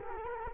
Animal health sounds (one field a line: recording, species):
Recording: mosquito wingbeat signal from an infrared sensor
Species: Culex quinquefasciatus